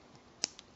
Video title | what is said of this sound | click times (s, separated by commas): Tenkai Knights Action Pack 10504 | and they'll kind of lock into place. | 0.4 s